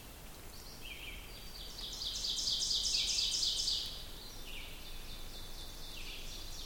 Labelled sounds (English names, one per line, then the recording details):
Ovenbird song
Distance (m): 30 m
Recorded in boreal forest in Alberta, Canada, on 2 June 2016 at 08:20
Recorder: SongMeter 3, array SBT-3-7
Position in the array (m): 24 m, 134 m
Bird 4